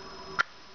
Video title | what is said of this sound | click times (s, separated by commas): Before I owned a 3D Printer, I heavily modified "Found Items" to achieve what I wanted. | and that pops open just like that so you go like that the case goes back on there boom like that you | 0.4 s